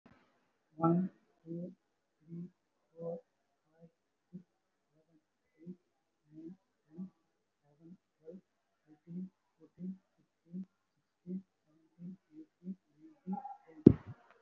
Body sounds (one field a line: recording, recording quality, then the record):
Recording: counting at a normal pace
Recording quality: moderate, slight background noise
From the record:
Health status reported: respiratory illness, not identified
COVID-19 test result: negative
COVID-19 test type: RT-PCR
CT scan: not taken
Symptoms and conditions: cough, cold, breathing difficulty, fatigue, muscle pain, chronic lung disease, pneumonia, another respiratory illness, hypertension, another condition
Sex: male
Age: 64 years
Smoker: no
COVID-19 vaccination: both doses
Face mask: not worn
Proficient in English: yes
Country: India